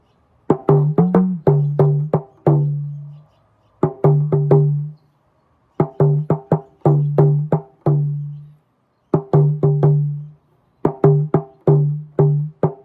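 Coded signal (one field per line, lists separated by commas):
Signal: talking drum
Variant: Yoruba dùndún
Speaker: So, I said, "Ati dulu bo omi konga iyanu ni atibere bo omi konga iyanu ni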